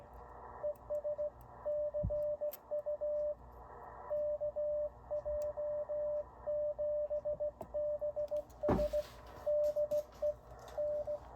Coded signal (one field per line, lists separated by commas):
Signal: Morse code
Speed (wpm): 16 wpm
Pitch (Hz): 600 Hz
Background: radio noise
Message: ES CU KJ7BS DE N